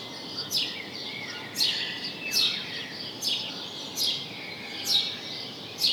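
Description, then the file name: House sparrow calls: loud, clipped chirps spaced about a second apart, against constant low background noise. "Passer domesticus"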